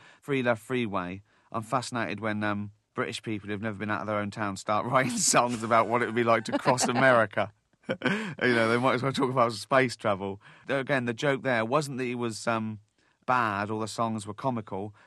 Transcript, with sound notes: And "Free Love Freeway," I'm fascinated when British people who've never been out of their own town start writing songs about what it would be like to cross America.
(LAUGHTER)
You know, they might as well talk about space travel. Though, again, the joke there wasn't that he was bad, or the songs were comical,